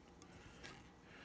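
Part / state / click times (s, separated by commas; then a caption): metal hanger connector onto a wall storage rail / not seated / none. A good metal quick-release hanger connector is handled against the grey Hyper Tough Snap Rail System wall storage rail from Walmart, a type of connector that clicks right in. Faint rubbing and scraping are heard, with a brief tick near 0.2 s and a brighter scrape near 0.7 s. The clip ends before the part goes home, so nothing has seated or clicked yet.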